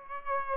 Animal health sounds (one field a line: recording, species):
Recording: mosquito wingbeat signal from an infrared sensor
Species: Aedes aegypti